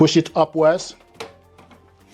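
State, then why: Seated. Someone talks, then a color ink cartridge is pushed upwards into the carriage slot of an HP Deskjet 4100 Series inkjet printer and latches with a sharp click at 1.2 s. A couple of faint taps follow, and the cartridge is seated.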